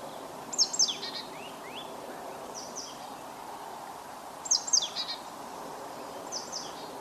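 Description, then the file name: Marsh tit calls: sharp high notes in two clusters about four seconds apart, with fainter softer notes between and after, over quiet hiss. "Poecile palustris"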